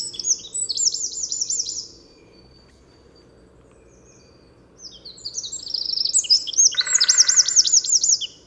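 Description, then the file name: Eurasian wren singing high, rapid twittering phrases at the start, then a longer burst with a ringing trill after a pause, overlapped by a short harsh, buzzy lower note. "Troglodytes troglodytes"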